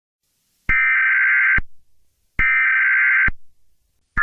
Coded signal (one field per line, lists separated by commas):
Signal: Emergency Alert System (SAME) tones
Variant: header bursts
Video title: Eas scenario ￼- The Killer (full version)